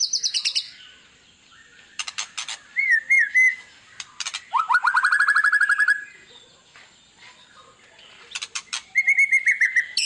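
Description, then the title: White-rumped shama song: high trills and rattling bursts, a long rising buzzy phrase, and wavering whistled notes near the end. Lure recording meant to make other white-rumped shamas respond; described as a lively, frequently singing bird. "PANCINGAN MEWAH MURAI BATU GACOR, SEKALI DENGAR AMPUH LANGSUNG RESPON"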